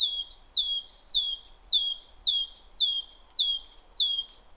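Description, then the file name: Great tit song: a steady run of bright two-note phrases, high then dropping, repeated almost twice a second without a break. "Parus major"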